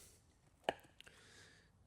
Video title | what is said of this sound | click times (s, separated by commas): I Bought a Destroyed Audi R8 From Salvage - 9 Month Rebuild Results | They just should click in place | 0.7 s, 1.0 s